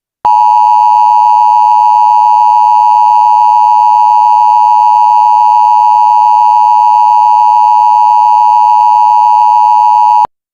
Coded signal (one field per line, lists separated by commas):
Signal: Emergency Alert System (SAME) tones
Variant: 853 and 960 Hz attention tone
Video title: (OLD) My own version of Angry EAS (Definitely 13+)